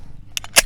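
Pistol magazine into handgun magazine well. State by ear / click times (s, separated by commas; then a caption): seated / 0.4 s. A pistol magazine is inserted into the magazine well of a semiautomatic handgun held parallel to the floor, and a sharp click at 0.4 s marks it locking in place. A softer tick follows at 0.4 s and a louder, bright broadband snap at 0.6 s over a low steady hum. The magazine is seated.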